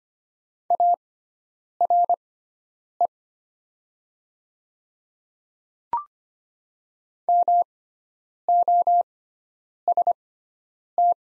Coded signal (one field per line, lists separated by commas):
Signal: Morse code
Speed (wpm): 25 wpm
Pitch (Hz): 700 Hz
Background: none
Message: ARE MOST